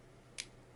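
After being unscrewed, the plastic end cap of a Microlet lancing device (supplied with Contour Plus and Contour Next meters) is pulled away from the main body. A single short, bright click at 0.4 s, concentrated in the high frequencies, stands out over a steady low hum. The end cap comes free and is released.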